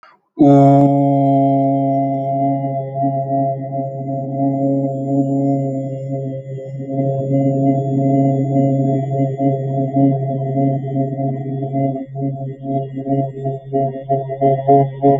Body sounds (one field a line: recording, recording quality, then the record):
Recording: sustained vowel as in boot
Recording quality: excellent, no background noise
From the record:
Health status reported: healthy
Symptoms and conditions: none ticked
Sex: male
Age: 32 years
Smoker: not ticked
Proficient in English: yes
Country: India